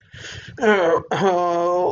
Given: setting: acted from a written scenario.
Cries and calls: vocal sound without words; shame

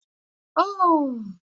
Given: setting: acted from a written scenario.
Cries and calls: vocal sound without words; sympathy

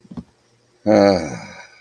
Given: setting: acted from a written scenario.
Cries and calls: vocal sound without words; ecstasy

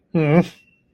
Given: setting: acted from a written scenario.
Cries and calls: vocal sound without words; disappointment

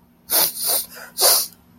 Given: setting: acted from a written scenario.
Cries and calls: vocal sound without words; sadness

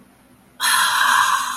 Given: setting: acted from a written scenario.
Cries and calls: vocal sound without words; serenity

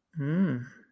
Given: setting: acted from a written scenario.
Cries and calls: vocal sound without words; desire

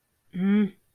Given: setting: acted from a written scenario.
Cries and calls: vocal sound without words; anger

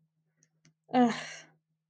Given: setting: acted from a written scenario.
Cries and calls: vocal sound without words; contempt

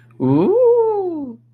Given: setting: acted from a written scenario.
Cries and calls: vocal sound without words; elation

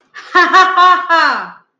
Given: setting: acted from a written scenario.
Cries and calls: vocal sound without words; elation

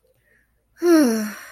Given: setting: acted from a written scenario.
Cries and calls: vocal sound without words; serenity

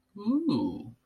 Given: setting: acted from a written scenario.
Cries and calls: vocal sound without words; desire

